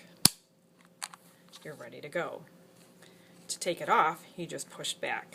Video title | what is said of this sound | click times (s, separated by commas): Basic Phonak Inspiro FM Training for Secondary Teachers-Part 1 | you hear click you're ready | 0.2 s